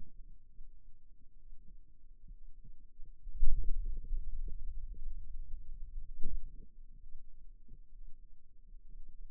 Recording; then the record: forearm muscle sounds (acoustic myography)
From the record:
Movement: hand opening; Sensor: system 2, bracelet of six BSWA MPA416 microphones around the upper forearm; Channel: 1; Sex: male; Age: 22 years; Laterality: right